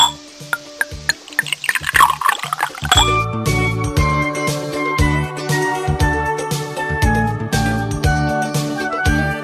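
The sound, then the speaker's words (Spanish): Water splashes and trickles in quick, bright bursts for a few seconds, then a tinkling musical jingle with steady, sustained tones takes over. No one speaks. “El agua.”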